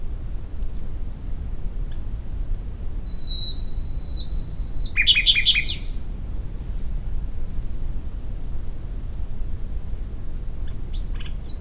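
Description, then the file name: Common nightingale: a long thin whistled note sliding slightly downward, then a brief burst of fast repeated notes, followed by quiet with faint chirps; low background rumble. "Luscinia megarhynchos"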